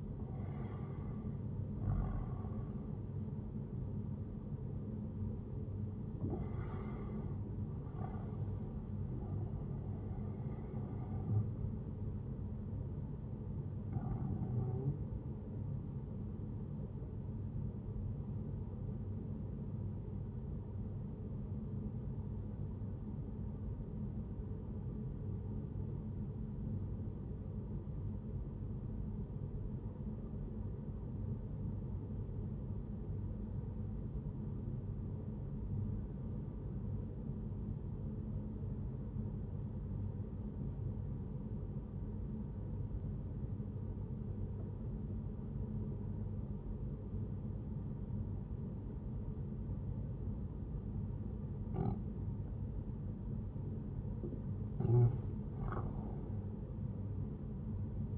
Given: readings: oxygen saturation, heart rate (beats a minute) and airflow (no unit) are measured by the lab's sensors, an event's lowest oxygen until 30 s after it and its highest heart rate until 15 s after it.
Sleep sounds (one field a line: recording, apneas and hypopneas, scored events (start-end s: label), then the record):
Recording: breathing in sleep by a smartphone at the bedside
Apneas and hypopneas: 1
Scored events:
1.00-58.18 s: new sleep stage, N1 (lightest sleep)
18.00-53.70 s: obstructive apnea (N1, oxygen 96% highest, then 89% lowest, heart rate 71 at the start, 83 highest)
From the record:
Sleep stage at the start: N2 (light sleep)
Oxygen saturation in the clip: 92 to 96%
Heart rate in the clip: 63 to 78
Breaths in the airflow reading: 4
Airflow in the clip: -10.0 to 10.1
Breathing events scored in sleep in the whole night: 131 in 7.2 hours asleep